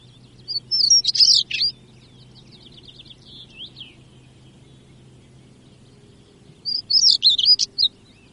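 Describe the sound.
European stonechat giving short scratchy, high warbled phrases, two bursts about six seconds apart, with faint thin twittering in between.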